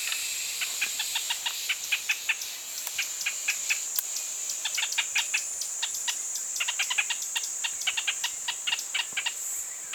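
Pinto's spinetail gives bursts of short, sharp ticking notes in rapid runs, pausing between groups, with a constant high-pitched insect whine behind.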